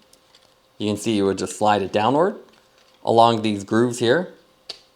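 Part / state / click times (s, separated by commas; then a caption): sunglass lens into the bottom of the frame / seated / 4.7 s. A clear plastic lens for Smith Syncline oversized cycling sunglasses is slid downward along the grooves of the flexible, full-surround frame into the bottom of the frame while someone talks. A sharp snap at 4.7 s marks the lens seating in place.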